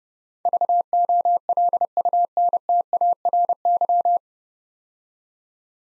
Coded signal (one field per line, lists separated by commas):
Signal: Morse code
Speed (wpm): 30 wpm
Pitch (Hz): 700 Hz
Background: none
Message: VOLUNTARY